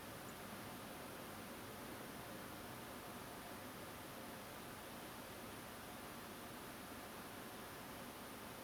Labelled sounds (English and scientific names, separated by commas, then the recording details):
Song Thrush (Turdus philomelos)
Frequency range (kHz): Song Thrush (Turdus philomelos) 6.8-9.3 kHz
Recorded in France